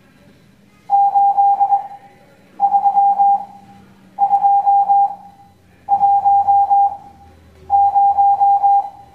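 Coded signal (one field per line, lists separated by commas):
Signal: Morse code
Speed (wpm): 21 wpm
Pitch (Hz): 800 Hz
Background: none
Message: 83210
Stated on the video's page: Morse code class lesson.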